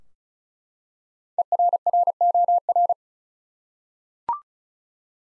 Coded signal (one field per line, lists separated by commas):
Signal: Morse code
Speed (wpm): 34 wpm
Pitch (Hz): 700 Hz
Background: none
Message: ERROR